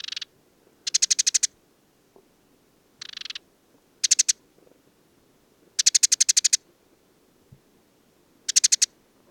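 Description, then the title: Desert sparrow song in harsh pulsed trills, delivered in irregular bursts separated by short silent gaps, nothing else notable audible. Male perched atop an acacia, Oasis de Mayateg, Mauritania, 22 February 2019, no wind; song of twitters, trills and inventions recalling Common Linnet; parabolic dish, MixPre-3 recorder. "Le Moineau blanc du désert - Mauritanie"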